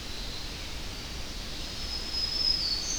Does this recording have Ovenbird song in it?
no